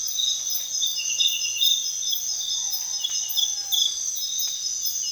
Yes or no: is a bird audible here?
yes